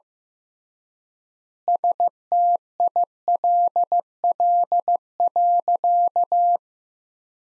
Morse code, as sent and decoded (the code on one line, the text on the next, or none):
... - .. .-.. .-.. .-.-.-
STILL.